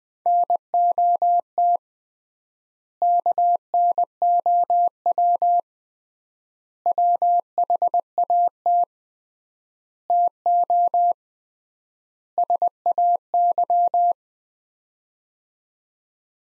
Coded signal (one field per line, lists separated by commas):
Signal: Morse code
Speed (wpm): 20 wpm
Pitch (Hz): 700 Hz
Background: none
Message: NOT KNOW WHAT TO SAY